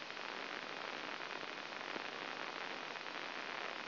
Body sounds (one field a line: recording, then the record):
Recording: brain microelectrode recording played as sound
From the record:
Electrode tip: inside the subthalamic nucleus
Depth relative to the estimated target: 1 mm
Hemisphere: left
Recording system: AlphaMap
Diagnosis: Parkinson's disease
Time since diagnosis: 9 years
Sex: male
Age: 66 years